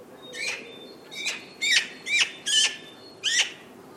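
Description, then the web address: Bird calls: a series of six harsh notes with stacked overtones, at slightly uneven intervals. "cianscape birddata Deverinetal 2025"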